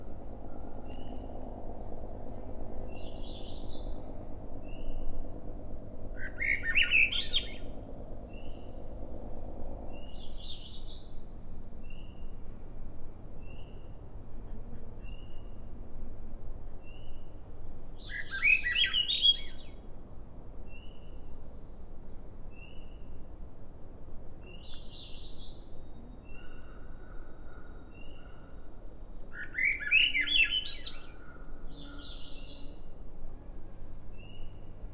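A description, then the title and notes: A Swainson's Thrush sings its upward-spiralling, flutelike phrase three times, roughly every twelve seconds, with short high notes and chips scattered between. A steady low rumble runs underneath throughout, and a denser low hum fills the first ten seconds before cutting off. On trail to "Ocean Bench" off Sun Dew Trail, Schoodic Division, Acadia National Park. Recorded with Fostex FR2, Sennhesier ME 64 short shotgun mic. Mostly cloudy, 54 degrees calm seas. Swainson's Thrush.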